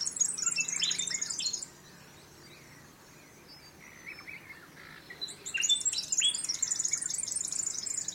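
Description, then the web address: Bird calls: quick high twittering chatter that stops after under two seconds, a quiet stretch of faint notes, then a fresh run of shrill, rapid chirps. Unidentified bird calls recorded in mangroves. "Sound Effects-Foundation 1 BIRD UNKNOWN MAGROVES"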